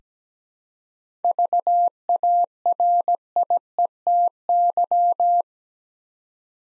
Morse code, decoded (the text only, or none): VARIETY